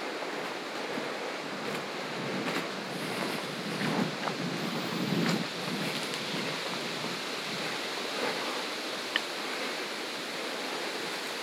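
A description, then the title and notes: Michigan beach sounds: a steady, dense wash of surf and wind fills the whole clip, with little change in level. Faint knocks and brief rustles surface around four to five seconds, and a sharp tick lands near nine seconds. The ebbing waves of Lake Michigan. This session was recorded with the Zoom F3 and DPA Binaural headset. Classic Michigan beach sounds.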